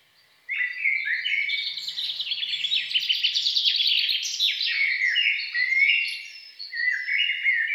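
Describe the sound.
Songbird song starting abruptly, a long, fast stream of bright chattering notes and trills, briefly pausing near the end before resuming.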